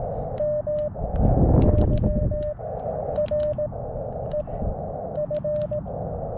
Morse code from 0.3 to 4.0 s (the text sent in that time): M Y R